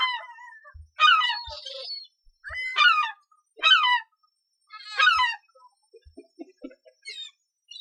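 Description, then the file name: Gull calls: several loud, harsh, downslurred squealing cries, with a few soft low thumps and quieter notes toward the end. "Seagulls"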